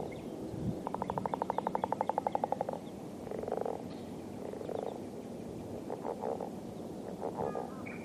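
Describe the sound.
Leopard frog call: a rapid, rattling series of pulses lasting about two seconds, followed by grunting chuckles.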